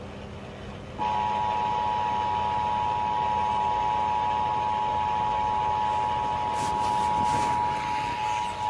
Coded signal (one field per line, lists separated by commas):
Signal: Emergency Alert System (SAME) tones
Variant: 853 and 960 Hz attention tone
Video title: EAS Compilation: Flooding Fun & Sage Debut (2/17/23) EAS 1605-1622